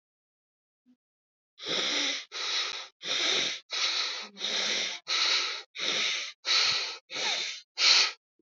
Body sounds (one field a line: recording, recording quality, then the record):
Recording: shallow breathing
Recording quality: excellent, no background noise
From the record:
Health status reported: healthy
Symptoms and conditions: none ticked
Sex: male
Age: 44 years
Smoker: not ticked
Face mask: not worn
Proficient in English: yes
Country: India